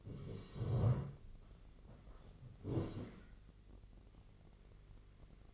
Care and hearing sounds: daily activity, microphone in the room; sit down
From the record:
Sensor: 4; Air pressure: 1013.2 hPa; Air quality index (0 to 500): 176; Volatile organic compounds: 2 ppm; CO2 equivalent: 1112 ppm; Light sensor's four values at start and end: 46/112/47/50 and 46/113/47/51

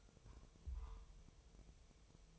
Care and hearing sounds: daily activity, microphone in the room; take from stove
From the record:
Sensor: 1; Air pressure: 999.4 hPa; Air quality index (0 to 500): 197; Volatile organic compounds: 38 ppm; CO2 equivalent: 3123 ppm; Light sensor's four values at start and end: 9/22/8/9 and 9/22/8/9

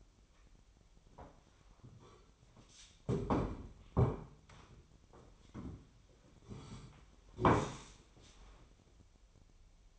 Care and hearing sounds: daily activity, microphone in the room; sit down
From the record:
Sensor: 1

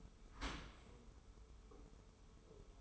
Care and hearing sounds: daily activity, microphone in the room; open dishwasher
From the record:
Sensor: 1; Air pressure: 1015.0 hPa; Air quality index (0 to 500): 25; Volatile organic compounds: 0 ppm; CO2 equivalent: 501 ppm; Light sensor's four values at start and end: 13/30/12/13 and 13/30/12/14

